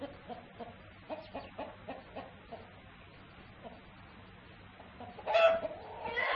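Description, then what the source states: Chicken clucking: a run of soft, evenly spaced clucks, then a pause before a sudden loud, rough squawk near the end. Rooster.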